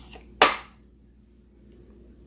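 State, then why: Seated. A plastic bean hopper on a Breville Grind Control coffee machine is twisted to lock onto the grinder. It gives one loud, sharp click at 0.4 s, then only faint low background hum follows. The hopper is seated and locked in place.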